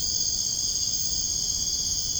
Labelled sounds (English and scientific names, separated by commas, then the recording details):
none
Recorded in dense forest near Puerto Asís, Putumayo, Colombia, on 22 June 2025 at 00:30
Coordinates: 0.481, -76.323
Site G072